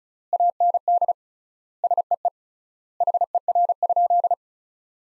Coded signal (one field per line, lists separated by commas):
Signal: Morse code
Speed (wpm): 34 wpm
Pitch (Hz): 700 Hz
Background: none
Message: AND SEE HER?